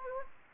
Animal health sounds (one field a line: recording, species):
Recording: mosquito wingbeat signal from an infrared sensor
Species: Anopheles gambiae